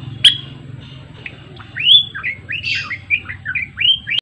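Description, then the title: Java sparrow: a sharp click, then a looping rising note and a tumbling run of warbled chirps over a steady low hum. Actively singing (gacor). "Gelatik Belong Jawa Gacor"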